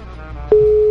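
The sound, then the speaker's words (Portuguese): After a moment of faint, crackly line noise, a loud telephone busy tone on a faulty phone line cuts in at a steady mid pitch and holds unbroken to the end. “O telefone dele tá com problema. Tá com problema na linha aí”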